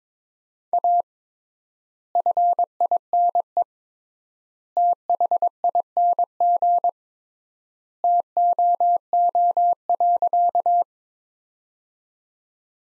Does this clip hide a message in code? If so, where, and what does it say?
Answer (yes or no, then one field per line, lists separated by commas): yes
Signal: Morse code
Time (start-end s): 0.7-10.8 s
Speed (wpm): 22 wpm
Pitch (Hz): 700 Hz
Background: none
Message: A FINE THING TOO.